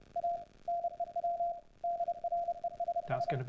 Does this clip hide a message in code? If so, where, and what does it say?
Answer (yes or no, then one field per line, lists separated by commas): yes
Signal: Morse code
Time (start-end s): 0.2-3.3 s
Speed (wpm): 30 wpm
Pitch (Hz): 690 Hz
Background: speech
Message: A NEW DRESS